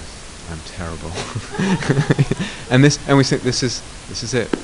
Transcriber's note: laughter